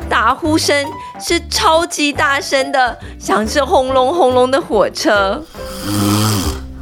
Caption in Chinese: 打呼就是有些人在睡觉的时候会发出像这样子的声音。 有些时候打呼声是很小声的。